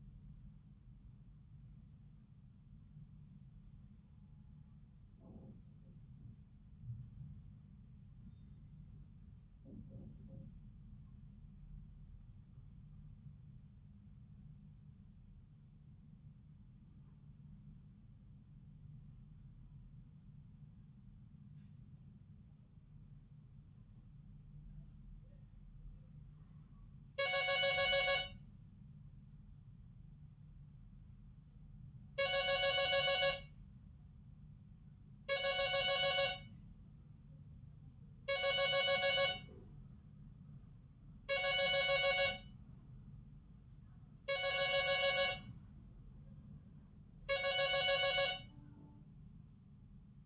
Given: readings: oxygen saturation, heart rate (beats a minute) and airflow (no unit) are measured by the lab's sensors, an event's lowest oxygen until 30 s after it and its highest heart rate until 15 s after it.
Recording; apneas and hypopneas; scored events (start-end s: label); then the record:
a person awake in a sleep study, by a smartphone at the bedside; none
0.00-50.25 s: awake
From the record:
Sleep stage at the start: awake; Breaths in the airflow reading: 19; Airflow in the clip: -0.6 to 0.7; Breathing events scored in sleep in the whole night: 270 in 6.1 hours asleep